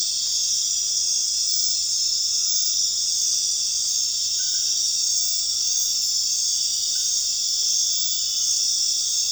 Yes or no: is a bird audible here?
no